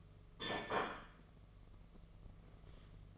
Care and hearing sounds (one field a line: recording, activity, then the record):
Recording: daily activity, microphone in the room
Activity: place plate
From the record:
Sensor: 4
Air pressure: 1016.0 hPa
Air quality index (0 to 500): 209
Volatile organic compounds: 13 ppm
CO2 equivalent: 2412 ppm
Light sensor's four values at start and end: 17/39/16/17 and 17/39/16/17